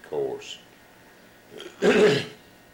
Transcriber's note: clears throat